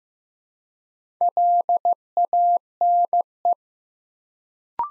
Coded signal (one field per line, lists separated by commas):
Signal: Morse code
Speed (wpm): 15 wpm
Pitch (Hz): 700 Hz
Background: none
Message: LANE